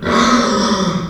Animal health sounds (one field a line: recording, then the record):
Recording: squeal of a Yucatan mini pig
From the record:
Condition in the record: after surgery on the right vocal fold (resection and tissue-engineered implant)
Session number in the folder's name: 16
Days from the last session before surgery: 183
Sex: female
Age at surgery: 19 weeks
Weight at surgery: 25 kg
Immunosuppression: prednisolone